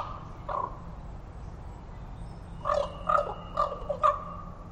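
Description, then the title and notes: Common Raven giving one soft croak, then four quick, hoarse croaks near the end over a low steady background hum. Raven calling from trees in forest at Totem Park, moving between trees; about 9:30am, overcast with light rain, breezy from southeast; falling tide. "Totem Park Wildlife. A raven calling in the forest reminded me of a time I was walking through the park with visiting Australians"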